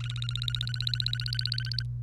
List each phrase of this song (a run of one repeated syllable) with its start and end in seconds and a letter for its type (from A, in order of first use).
0.00-1.83 A